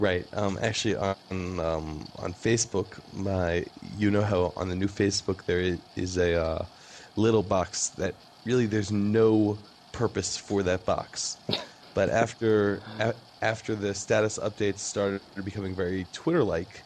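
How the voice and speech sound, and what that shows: Adult male speaker who stutters, speaking conversationally with a whole-word repetition ("after after") and frequent pauses.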